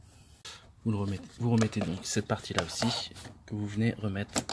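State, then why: Not seated. A plastic engine air intake duct is handled and pressed back toward the air box of a Peugeot 207 HDi 1.6 after an oil change, with faint rubbing and handling noises while someone talks. The clip ends before the part goes home, so nothing has seated or clicked yet.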